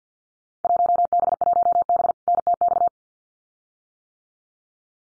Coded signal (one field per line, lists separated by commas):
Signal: Morse code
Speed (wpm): 50 wpm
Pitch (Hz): 700 Hz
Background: none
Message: 1B1B NTX